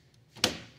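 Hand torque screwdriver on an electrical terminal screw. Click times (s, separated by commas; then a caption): 0.4 s. A hand torque screwdriver is twisted by hand on an electrical terminal screw until it reaches its set torque. It gives a single sharp click at 0.4 s as the tool jumps over, showing the screw is torqued properly, followed by a short decaying ring.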